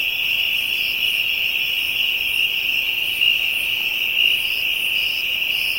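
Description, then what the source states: Insects singing together, a continuous piercing trill overlaid by wavering very high buzzy pulses. Ambient insect chorus from Africa.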